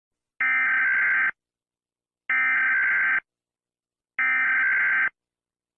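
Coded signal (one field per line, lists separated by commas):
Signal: Emergency Alert System (SAME) tones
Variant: header bursts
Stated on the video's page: Fictional EAS short scenario.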